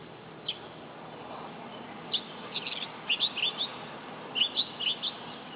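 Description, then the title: Oriental magpie-robin song: short, high chirps and brief whistled notes, scattered then clustered toward the end, over a steady hiss of background noise. Female competition bird, black poci type, described as gacor (singing persistently) and as a fighting bird, a national first-prize champion from East Java, Indonesia. "Kacer Juara 1 Nasional gacor kacer juara nasional jawa timur kacer tarung betina poci gacor hitam"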